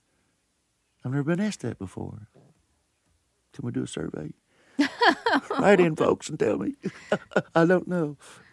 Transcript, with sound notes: I've never been asked that before. Somebody do a survey.
(laughs)
Write in, folks, and tell me. (laughs) I don't know.